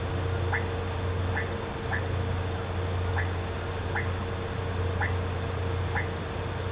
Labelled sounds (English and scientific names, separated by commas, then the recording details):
none
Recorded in pastures near Puerto Asís, Putumayo, Colombia, on 13 March 2025 at 17:30
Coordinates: 0.466, -76.322
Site CSA-02